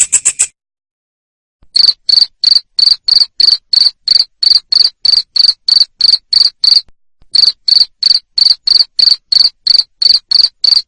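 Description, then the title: Cricket chirps begin after a short buzzy burst and a second of quiet, then continue as a rapid, even series with one brief gap. Loud cricket chirping used to make lovebirds keep singing (ngekek). "Suara JANGKRIK NGERIK Keras Bikin LOVEBIRD Jadi NGEKEK Terus Vubey"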